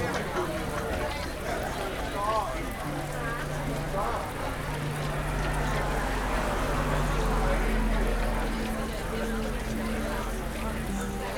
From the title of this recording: Lunch in the City